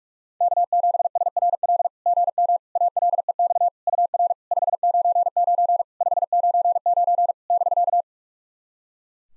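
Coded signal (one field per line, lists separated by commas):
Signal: Morse code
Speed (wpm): 46 wpm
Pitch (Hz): 700 Hz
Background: none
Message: K7SRL GM ALEX UR 599 599 <BK>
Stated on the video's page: SOTA exchange practice at 45 wpm, each exchange sent in Morse, then spoken, then sent again.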